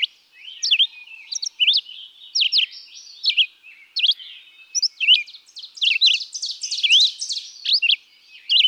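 Red-eyed vireo giving repeated short whistled phrases that slide up and down, with a dense burst of twittering in the later part.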